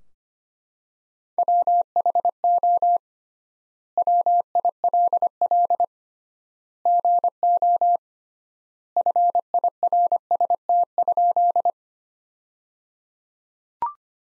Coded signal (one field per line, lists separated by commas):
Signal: Morse code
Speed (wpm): 25 wpm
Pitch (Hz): 700 Hz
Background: none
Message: WHO WILL GO FIRST?